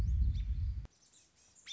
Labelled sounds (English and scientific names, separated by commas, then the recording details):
American Robin (Turdus migratorius)
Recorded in Sonoma County, California